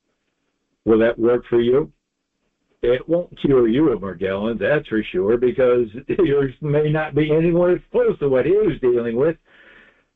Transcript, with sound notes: will that work for you? It won't cure you of Morgellons, that's for sure, because (laughs) yours may not be anywhere close to what he was dealing with.